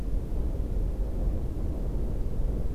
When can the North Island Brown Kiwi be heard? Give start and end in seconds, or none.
none